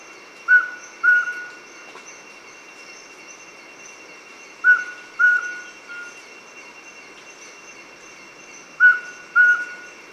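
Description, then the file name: Mountain scops owl giving a clear whistled double hoot, two short mellow notes repeated about every four seconds, over a steady high background drone. "Mountain Scops Owl Otus spilocephalus"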